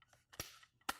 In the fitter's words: The flip locks click into place,